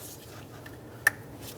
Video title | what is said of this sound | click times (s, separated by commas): How to Replace Knock Sensor 2006-2011 Chevy HHR | make sure it clicks, and lock it. | 1.1 s